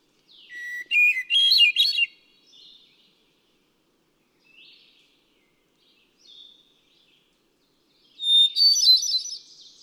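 Hermit thrush song: two flute-like phrases, each opening on a clear held whistle before breaking into ethereal warbles, separated by a long pause with faint fragments.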